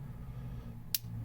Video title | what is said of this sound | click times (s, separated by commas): SOG Cyan Flash AT | push down on it it's locked into place | 1.0 s